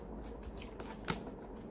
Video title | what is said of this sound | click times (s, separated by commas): How to upgrade SSD on Dell XPS 13 Laptop (cheap) - How-to Tutorial | okay there's a click sound | 0.8 s, 1.1 s